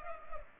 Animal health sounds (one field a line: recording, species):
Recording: mosquito wingbeat signal from an infrared sensor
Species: Culex pipiens